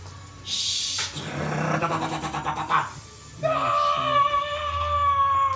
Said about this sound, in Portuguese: A gente ouviu o grito, ouviu o bichinho fazendo o barulho dele.